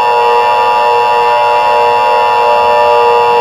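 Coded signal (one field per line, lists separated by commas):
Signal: Emergency Alert System (SAME) tones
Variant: 853 and 960 Hz attention tone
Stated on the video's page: Fictional EAS scenario using valid EAS tones.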